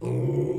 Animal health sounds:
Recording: pig call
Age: weaner (32 to 43 days)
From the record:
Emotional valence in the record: negative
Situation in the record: novel object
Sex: female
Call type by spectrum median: low-frequency call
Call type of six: low-frequency stable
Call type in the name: low-frequency stable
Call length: 0.59 s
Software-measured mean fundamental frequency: 67 Hz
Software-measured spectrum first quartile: 135 Hz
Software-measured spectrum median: 262 Hz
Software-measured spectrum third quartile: 388 Hz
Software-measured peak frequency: 356 Hz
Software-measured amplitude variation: 140 dB a second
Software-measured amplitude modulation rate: 24.7 a second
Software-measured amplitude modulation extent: 5.7 dB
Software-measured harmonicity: 1.6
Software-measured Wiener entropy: -0.59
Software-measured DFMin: 1103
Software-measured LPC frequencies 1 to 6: 355, 2246, 4806, 5651, 6777, 7811 Hz

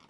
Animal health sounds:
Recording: pig call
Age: piglet (1 to 25 days)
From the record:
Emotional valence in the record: positive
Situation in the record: short reunion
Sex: female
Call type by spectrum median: low-frequency call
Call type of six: low-frequency tonal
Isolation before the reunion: 3 minutes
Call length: 0.10 s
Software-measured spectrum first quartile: 615 Hz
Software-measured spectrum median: 1409 Hz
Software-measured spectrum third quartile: 3609 Hz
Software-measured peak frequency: 240 Hz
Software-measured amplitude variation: 117 dB a second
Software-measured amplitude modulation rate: 4.9 a second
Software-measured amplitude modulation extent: 23.7 dB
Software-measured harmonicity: -0.6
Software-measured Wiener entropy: -1.06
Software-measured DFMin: 751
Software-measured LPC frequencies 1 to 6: 1117, 2255, 3090, 3507, 4620, 5397 Hz

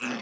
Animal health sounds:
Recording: pig call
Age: piglet (1 to 25 days)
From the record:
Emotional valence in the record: negative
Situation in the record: short isolation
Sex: male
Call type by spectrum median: low-frequency call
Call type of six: low-frequency tonal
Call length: 0.22 s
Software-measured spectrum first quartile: 361 Hz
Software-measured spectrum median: 1282 Hz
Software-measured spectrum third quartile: 2674 Hz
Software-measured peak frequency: 239 Hz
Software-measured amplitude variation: 77 dB a second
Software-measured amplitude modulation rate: 18.3 a second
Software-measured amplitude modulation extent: 4.2 dB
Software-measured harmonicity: 1.8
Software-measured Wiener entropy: -1.16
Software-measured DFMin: 1369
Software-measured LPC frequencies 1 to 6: 1496, 2592, 4624, 5301, 6098, 7296 Hz

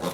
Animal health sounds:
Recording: pig call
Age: piglet (1 to 25 days)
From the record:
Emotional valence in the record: positive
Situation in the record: huddling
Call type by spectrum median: low-frequency call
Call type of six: low-frequency stable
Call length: 0.14 s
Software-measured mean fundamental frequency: 54 Hz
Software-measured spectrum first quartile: 408 Hz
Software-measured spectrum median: 884 Hz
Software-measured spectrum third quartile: 2755 Hz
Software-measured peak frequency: 537 Hz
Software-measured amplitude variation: 125 dB a second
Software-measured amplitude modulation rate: 10.7 a second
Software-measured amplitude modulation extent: 11.7 dB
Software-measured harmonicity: 0.3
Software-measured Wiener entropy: -1.80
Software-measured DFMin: 794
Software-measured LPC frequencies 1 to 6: 530, 1098, 2013, 2864, 3599, 4217 Hz

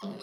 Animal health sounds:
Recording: pig call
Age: piglet (1 to 25 days)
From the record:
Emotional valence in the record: negative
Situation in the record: short isolation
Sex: female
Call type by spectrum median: low-frequency call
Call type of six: mixed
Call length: 0.23 s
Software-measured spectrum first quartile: 223 Hz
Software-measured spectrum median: 462 Hz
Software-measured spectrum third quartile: 1480 Hz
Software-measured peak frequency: 204 Hz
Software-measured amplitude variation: 108 dB a second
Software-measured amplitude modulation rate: 17.4 a second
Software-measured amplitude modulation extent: 6.2 dB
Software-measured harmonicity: 5.5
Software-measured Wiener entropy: -1.48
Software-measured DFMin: 819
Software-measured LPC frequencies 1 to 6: 1057, 3378, 4141, 5022, 6402, 8414 Hz

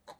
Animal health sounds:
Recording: pig call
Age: piglet (1 to 25 days)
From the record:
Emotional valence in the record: negative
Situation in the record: restrain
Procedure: back test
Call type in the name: low-frequency call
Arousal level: medium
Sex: male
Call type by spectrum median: low-frequency call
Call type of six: low-frequency stable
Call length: 0.20 s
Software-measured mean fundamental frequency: 55 Hz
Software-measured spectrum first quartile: 731 Hz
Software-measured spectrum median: 1093 Hz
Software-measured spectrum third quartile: 3544 Hz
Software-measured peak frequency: 590 Hz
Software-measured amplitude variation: 264 dB a second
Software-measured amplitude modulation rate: 4.9 a second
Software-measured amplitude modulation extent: 54.2 dB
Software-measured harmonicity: 0.8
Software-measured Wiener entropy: -1.99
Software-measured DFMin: 836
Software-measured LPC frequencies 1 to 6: 764, 1840, 4017, 6151, 6775, 7742 Hz

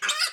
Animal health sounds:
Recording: pig call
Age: piglet (1 to 25 days)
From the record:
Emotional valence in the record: negative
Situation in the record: restrain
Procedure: in the arms of a person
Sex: male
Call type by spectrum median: high-frequency call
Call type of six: high-frequency stable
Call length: 0.32 s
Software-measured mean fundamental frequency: 293 Hz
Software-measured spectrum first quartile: 2126 Hz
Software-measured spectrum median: 3722 Hz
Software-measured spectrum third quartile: 5653 Hz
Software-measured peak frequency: 4907 Hz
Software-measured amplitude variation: 175 dB a second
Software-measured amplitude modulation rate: 13.9 a second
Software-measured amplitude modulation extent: 12.6 dB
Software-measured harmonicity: 3.8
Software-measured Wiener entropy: -2.03

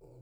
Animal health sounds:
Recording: pig call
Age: weaner (32 to 43 days)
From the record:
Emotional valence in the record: negative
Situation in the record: restrain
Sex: male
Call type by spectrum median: low-frequency call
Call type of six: low-frequency stable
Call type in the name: low-frequency stable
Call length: 0.22 s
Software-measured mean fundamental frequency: 44 Hz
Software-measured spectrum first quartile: 112 Hz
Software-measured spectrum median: 261 Hz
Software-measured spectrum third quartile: 486 Hz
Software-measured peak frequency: 125 Hz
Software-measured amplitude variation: 52 dB a second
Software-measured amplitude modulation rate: 27.6 a second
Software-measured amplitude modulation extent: 1.9 dB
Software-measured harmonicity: -0.3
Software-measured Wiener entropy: 0.57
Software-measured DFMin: 1199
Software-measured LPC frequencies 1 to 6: 437, 2376, 4247, 4773, 5616, 6991 Hz

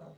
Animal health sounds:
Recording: pig call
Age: piglet (1 to 25 days)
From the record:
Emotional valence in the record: negative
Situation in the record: long isolation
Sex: female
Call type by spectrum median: low-frequency call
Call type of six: low-frequency stable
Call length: 0.18 s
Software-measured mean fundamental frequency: 51 Hz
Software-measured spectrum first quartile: 176 Hz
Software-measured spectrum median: 404 Hz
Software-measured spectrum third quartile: 659 Hz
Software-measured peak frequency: 663 Hz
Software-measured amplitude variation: 104 dB a second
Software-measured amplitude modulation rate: 16.5 a second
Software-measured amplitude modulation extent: 6.3 dB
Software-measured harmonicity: 2.3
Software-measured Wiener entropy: 0.19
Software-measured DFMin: 890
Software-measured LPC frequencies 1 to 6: 622, 3150, 3880, 4558, 5695, 6470 Hz

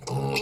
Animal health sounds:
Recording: pig call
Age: weaner (32 to 43 days)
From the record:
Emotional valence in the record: negative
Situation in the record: long isolation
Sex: female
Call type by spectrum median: low-frequency call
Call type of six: mixed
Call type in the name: high-frequency modulated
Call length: 0.42 s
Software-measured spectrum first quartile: 309 Hz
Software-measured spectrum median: 893 Hz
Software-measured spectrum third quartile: 3379 Hz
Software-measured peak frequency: 439 Hz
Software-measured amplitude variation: 131 dB a second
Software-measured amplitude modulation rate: 20.2 a second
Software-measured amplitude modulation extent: 6.5 dB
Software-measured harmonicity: 0.6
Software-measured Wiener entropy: -3.44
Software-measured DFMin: 917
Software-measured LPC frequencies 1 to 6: 394, 859, 2616, 4132, 4701, 5240 Hz

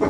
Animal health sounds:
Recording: pig call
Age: growing-finishing pig (85 days or more)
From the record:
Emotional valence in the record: positive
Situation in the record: run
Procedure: transit

